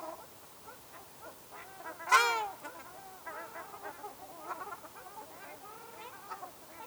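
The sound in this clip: Ruddy shelduck with one loud, nasal honk near two seconds against a background of soft, scattered honking.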